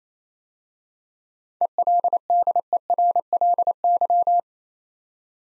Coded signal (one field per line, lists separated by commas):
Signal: Morse code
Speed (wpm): 27 wpm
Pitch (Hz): 700 Hz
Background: none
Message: ELDERLY